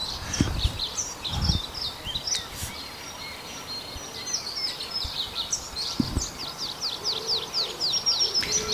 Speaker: Peippo laulaa suht lähellä. Aika pirteästi.